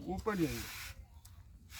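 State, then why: Seated. Someone talks as the upper section of a 4-metre telescopic leveling staff is pulled upward along the section below, with a broad hissing noise until about 0.9 s. At full extension its spring catch engages with a single sharp click at 1.3 s, and the section is locked and will go no higher.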